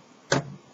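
While assembling the bottom of an mBot Cube plywood robot kit, a part is pressed into the plywood frame with no screws. A sharp snap sounds at 0.3 s, followed by a short low-pitched ringing tail. The part is seated, popped into place.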